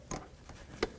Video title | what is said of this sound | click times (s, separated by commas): How to Replace Front Struts 2007-2017 Ford Expedition | Making our way up here, let's make sure we reconnect in our ABS wire. Listen for a click. | 0.1 s